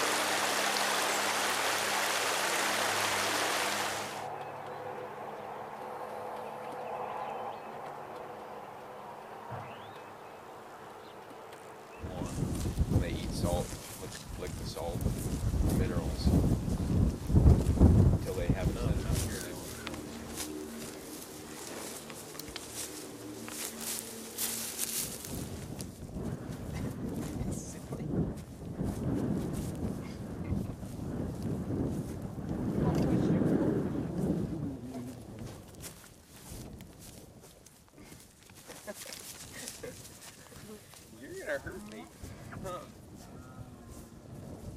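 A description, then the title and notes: A steady hiss opens this dairy farm recording, then a low machine drone, followed by knocks, rustling and brief voices against rumbling equipment. This week we take a trip to a dairy farm in Knoxville, Maryland, where we see its cows grazing, playing and being milked.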